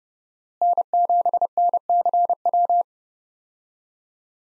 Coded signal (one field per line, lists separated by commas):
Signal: Morse code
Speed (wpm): 32 wpm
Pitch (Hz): 700 Hz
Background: none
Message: N7NCW